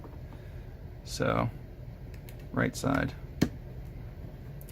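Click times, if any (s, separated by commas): 3.4 s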